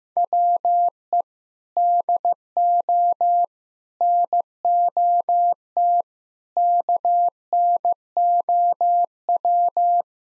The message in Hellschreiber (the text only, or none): none